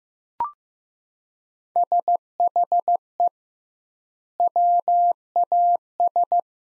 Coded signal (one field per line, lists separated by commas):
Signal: Morse code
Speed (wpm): 16 wpm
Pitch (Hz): 700 Hz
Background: none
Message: SHE WAS